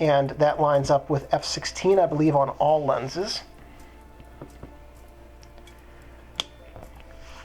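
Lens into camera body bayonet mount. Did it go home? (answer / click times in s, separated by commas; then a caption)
yes / 6.4 s. Someone talks for the first three seconds while a manual-focus lens is lined up with its mounting index mark at F16 and set into the bayonet mount of a Nikon F3 camera body. After quiet handling with faint small ticks, the lens is turned anti-clockwise and a sharp metal click at 6.4 s shows it has locked and is mounted.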